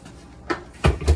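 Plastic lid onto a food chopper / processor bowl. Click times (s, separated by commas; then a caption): 0.9 s. A plastic lid is put back on a food chopper bowl and turned until it snaps down into its locked position. A faint tap at about 0.5 s is followed by a single sharp snap at 0.9 s, then a further knock around 1.1 s. The lid is seated and locked.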